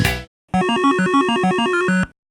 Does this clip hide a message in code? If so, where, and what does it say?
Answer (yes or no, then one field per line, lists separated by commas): no